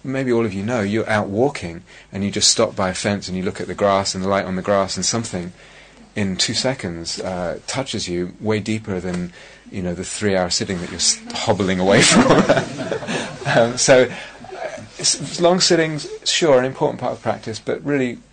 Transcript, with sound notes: Maybe all of you know, you're out walking and you just stop by a fence, and you look at the grass and the light on the grass, and something in two seconds touches you way deeper than the three-hour sitting that you're hobbling away from. [laughter] So long sittings, sure, an important part of practice, but really